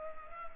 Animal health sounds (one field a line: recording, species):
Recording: mosquito wingbeat signal from an infrared sensor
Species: Culex pipiens